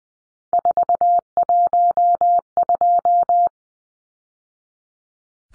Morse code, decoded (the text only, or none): 412